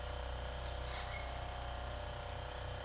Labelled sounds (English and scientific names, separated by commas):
none